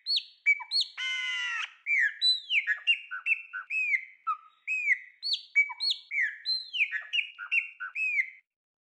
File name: Passaro preto